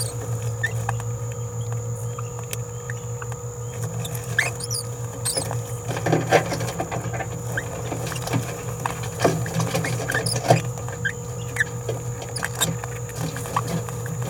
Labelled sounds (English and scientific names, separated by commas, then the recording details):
Green-rumped Parrotlet (Forpus passerinus) babbling
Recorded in a nest box in Venezuela
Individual 18B17A4